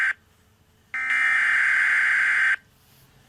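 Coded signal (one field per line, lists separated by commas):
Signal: Emergency Alert System (SAME) tones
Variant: header bursts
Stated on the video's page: Fictional EAS scenario animation, not a real alert.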